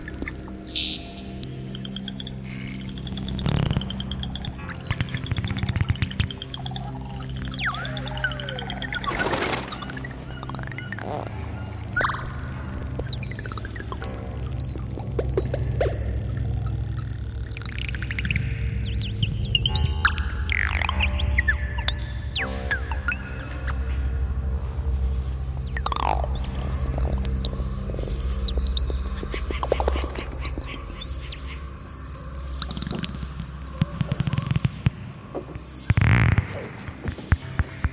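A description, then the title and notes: A jungle field recording blended with a modular synth: a low, droning hum rumbles underneath throughout, swelling around the middle. Above it, chirps, whistles and gliding tones come and go, with sharp clicks near 4, 10 and 36 seconds and a steady high whine. Jungle field recording + Modular Synth.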